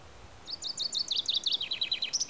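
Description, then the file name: Common chaffinch singing a rapid series of sharp notes falling in steps into a rattling trill, ending with a brief flourish. "Fringilla coelebs"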